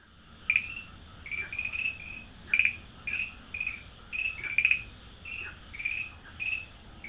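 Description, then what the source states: Farmland green tree frog calling with brief, trilled chirps in small groups, spaced irregularly every second or so, against a constant background hiss. Dalin.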